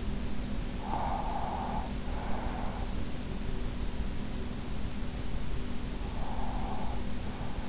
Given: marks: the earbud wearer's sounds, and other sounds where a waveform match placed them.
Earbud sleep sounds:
sounds in sleep by an in-ear microphone; breath
0.84-2.91 s: breath
5.92-7.69 s: breath

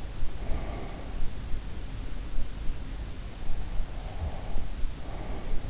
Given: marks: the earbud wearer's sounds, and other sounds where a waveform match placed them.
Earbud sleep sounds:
sounds in sleep by an in-ear microphone; breath
0.29-1.00 s: breath
3.91-5.66 s: breath

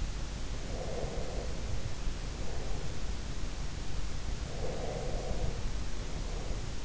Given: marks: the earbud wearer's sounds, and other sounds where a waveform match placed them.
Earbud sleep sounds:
sounds in sleep by an in-ear microphone; breath
0.58-3.08 s: breath
4.61-6.85 s: breath

